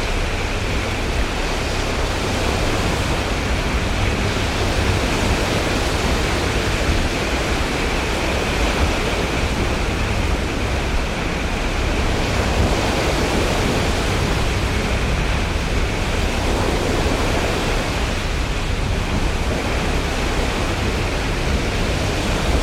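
A ship rides out a storm at sea, wrapped in a dense, steady roar of wind, waves and rain that hardly changes across the clip. A low, constant engine hum sits underneath, and a faint brighter band of hiss runs throughout without breaks.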